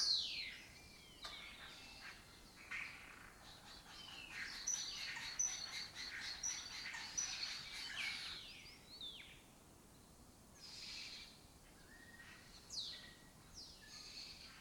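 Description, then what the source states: Lesser kestrel raspy calls and falling, swooping notes, busy at first, then sparser bursts. Breeding colony occupying an abandoned building (house complex) in Doñana, southern Europe; migratory raptor that forages in West Africa.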